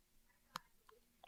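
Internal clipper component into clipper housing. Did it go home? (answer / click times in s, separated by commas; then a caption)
yes / 0.6 s. An internal clipper part is pressed into its seat in the clipper housing with a screw started, and it snaps into place with one sharp click at 0.6 s, now holding itself. Two fainter ticks follow at 0.9 s and 1.2 s over a quiet background.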